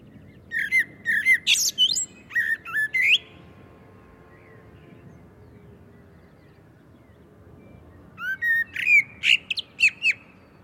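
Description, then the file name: Common blackbird sings two bursts of repeated fluty notes ending in shrill squeaky twitters, with a quiet pause of several seconds between them. "Turdus merula"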